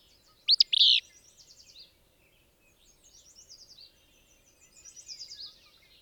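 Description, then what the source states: Willow Flycatcher opening with a single loud, burry two-part phrase, followed by quieter rippling trills. Same individual as a previous recording, recorded at a range of about 20 feet.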